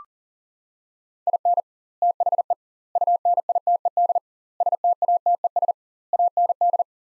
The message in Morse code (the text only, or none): IN THE UNITED STATES AND